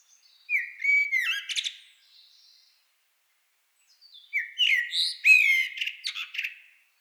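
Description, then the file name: Eurasian blackbird giving two separate song phrases, each a short mellow whistle running into a squeaky, buzzy flourish, with silence in between. "Turdus merula"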